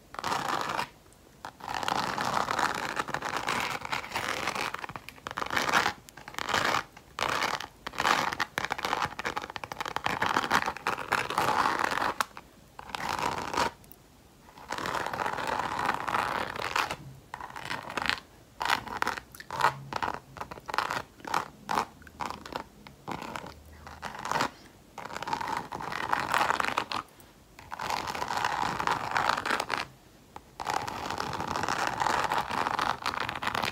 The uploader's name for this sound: SCRATCHING MY RINGS TEXTURED SCRATCHING